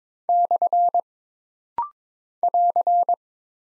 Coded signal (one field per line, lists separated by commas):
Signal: Morse code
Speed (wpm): 22 wpm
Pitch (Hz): 700 Hz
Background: none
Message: / <AR>